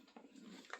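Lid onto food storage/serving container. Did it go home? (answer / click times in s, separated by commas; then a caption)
yes / 0.2 s, 0.7 s. A lid is pressed onto a serving or storage container of chopped salad and snaps into place. Two short, sharp snaps are heard at 0.2 s and 0.7 s over a low background hum, and the lid is seated.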